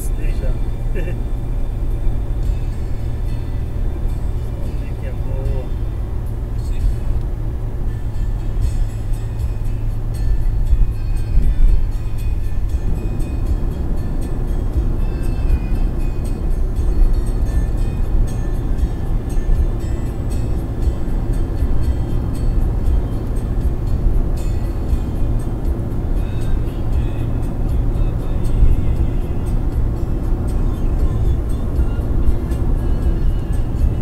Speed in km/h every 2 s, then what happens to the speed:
103, 105, 106, 106, 103, 98, 97, 97, 99, 100, 102, 103, 104, 105, 105, 105, 105.
0-6 steady at about 105. 6-14 slows to 97. 14-34 steady at about 103.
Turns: none.